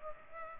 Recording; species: mosquito wingbeat signal from an infrared sensor; Culex pipiens